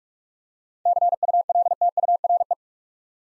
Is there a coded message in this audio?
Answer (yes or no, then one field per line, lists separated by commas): yes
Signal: Morse code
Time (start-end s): 0.9-2.5 s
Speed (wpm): 44 wpm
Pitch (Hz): 700 Hz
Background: none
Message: CULTURE